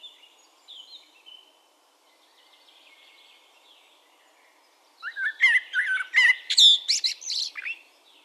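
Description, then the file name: Common blackbird song: a burst of fluted notes mixed with sharp high squeaks and twitters, following a quiet stretch with faint birdsong. "Turdus merula"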